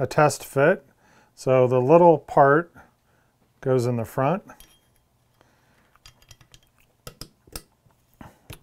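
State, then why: Seated. Someone talks, then a metal optic mounting plate is test-fitted into the optic cut of a Springfield XDM 5.25 pistol slide, front first, and pressed down. A few light metallic clicks and taps follow. The plate snaps into place at 7.6 seconds and is seated.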